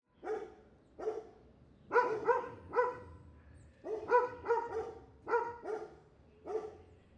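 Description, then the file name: Dog barking in a steady series of about twelve sharp, harmonic barks, some in quick doubles, spaced roughly every half second to a second. Street dogs barking amid street ambience in Buenos Aires. "ambiente calle prv bs as street dogs barking"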